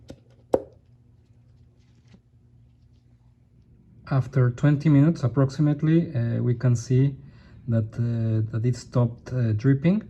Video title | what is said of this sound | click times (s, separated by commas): 2015 GTI Oil Change (also applies for MK7 2015-2021 North America Model Years) | will proceed to install the new filter just push it in until you hear a click | 0.5 s